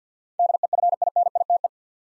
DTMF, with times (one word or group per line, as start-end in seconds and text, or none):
none